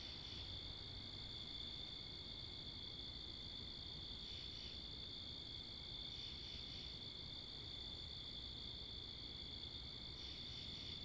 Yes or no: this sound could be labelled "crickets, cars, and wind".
yes